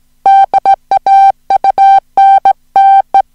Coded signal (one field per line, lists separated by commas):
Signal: Morse code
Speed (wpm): 17 wpm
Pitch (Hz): 780 Hz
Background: music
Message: DAUNTE